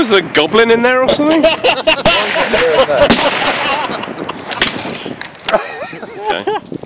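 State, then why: Not seated. Someone talks while closing the steel operating lever of a Martini-Henry Mk IV Pattern B .577-450 falling-block rifle up against the wooden stock under the rifle's wrist, producing several sharp metallic knocks around 4.3 to 5.5 seconds. The lever does not quite squeeze into place, so nothing has latched yet.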